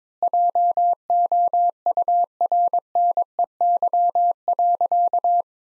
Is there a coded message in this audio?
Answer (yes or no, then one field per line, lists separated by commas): yes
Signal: Morse code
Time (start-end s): 0.2-5.4 s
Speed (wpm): 22 wpm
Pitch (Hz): 700 Hz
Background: none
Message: JOURNEY.